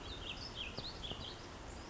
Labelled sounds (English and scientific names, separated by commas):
Warbling Vireo (Vireo gilvus)